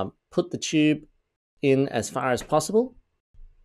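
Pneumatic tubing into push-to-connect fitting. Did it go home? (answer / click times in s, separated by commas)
no / none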